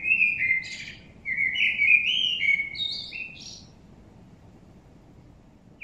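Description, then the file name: Common blackbird song: mellow whistled phrases run into one another, broken by short squeaky high notes, then a quiet stretch of faint rumbling background. "Turdus merula"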